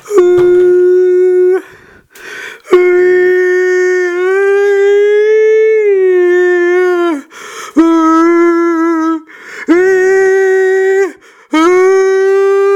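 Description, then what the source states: Orangutan calls: sustained, harmonic-rich howled tones held steady for one to nearly five seconds, some sliding down at the end, separated by short breathy gaps. Recorded 7 July 2013.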